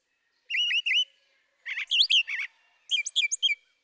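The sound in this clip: Brown thrasher song: three short groups of repeated notes, first a clear doubled whistled phrase, then harsher buzzy triplets, then quick chippy notes.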